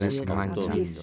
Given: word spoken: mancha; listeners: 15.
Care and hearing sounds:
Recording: one Spanish word in noise, from a listening test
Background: four-talker babble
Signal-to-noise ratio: -2.8 dB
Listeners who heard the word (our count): 2 of 15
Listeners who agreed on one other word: 7 of 15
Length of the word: 0.63 s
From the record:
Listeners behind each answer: 7, 2, 1, 1, 1, 1, 1, 1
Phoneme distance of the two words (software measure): 34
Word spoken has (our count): 2 syllables, 5 phonemes, stress on syllable 1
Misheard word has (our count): 3 syllables, 7 phonemes, stress on syllable 2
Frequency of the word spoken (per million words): 26.41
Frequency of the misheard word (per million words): 1.42

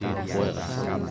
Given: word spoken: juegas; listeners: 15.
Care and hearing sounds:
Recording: one Spanish word in noise, from a listening test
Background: eight-talker babble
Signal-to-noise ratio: -1.4 dB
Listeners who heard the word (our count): 4 of 15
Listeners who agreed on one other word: 8 of 15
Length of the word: 0.71 s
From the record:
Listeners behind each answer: 8, 4, 1, 1, 1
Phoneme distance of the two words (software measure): 7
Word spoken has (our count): 2 syllables, 6 phonemes, stress on syllable 1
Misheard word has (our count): 2 syllables, 5 phonemes, stress on syllable 1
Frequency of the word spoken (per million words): 0.92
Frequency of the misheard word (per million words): 27.78

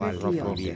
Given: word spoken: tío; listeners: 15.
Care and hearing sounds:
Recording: one Spanish word in noise, from a listening test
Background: four-talker babble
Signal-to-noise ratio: 1.0 dB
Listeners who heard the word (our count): 2 of 15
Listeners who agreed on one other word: 6 of 15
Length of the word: 0.36 s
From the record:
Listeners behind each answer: 6, 2, 2, 1, 1, 1, 1, 1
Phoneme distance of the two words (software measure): 7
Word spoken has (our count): 2 syllables, 3 phonemes, stress on syllable 1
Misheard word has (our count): 2 syllables, 4 phonemes, stress on syllable 1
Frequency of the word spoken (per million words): 64.76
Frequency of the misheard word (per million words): 7.67

